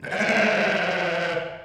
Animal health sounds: contact call of a hoofed animal; sheep; low-frequency (closed-mouth) or high-frequency (open-mouth) call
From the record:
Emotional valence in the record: negative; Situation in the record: short social isolation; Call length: 1.65 s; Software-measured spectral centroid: 2040 Hz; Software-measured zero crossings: 2510 a second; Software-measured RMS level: -24 dBFS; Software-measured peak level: -9 dBFS

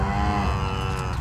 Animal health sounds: contact call of a hoofed animal; cattle; low-frequency (closed-mouth) or high-frequency (open-mouth) call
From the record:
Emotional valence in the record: negative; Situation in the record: full separation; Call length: 1.21 s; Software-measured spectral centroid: 1930 Hz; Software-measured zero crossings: 1350 a second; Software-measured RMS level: -24 dBFS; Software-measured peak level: -12 dBFS

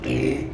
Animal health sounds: contact call of a hoofed animal; pig; closed-mouth grunt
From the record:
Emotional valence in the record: negative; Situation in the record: short social isolation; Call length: 0.54 s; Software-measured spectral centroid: 1930 Hz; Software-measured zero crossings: 1100 a second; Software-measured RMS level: -24 dBFS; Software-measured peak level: -10 dBFS

